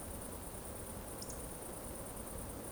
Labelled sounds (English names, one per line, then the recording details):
Eurasian Woodcock whistle
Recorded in Baden-Württemberg, Germany, on 25 June 2020 at 20:19 UTC
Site 14569, 102 m above sea level